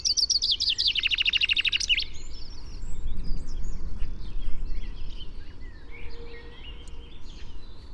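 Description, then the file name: Common chaffinch singing a fast, descending rattle of notes that finishes in a flourish, followed by scattered calls of other birds and a low rumbling background. "Fringilla coelebs"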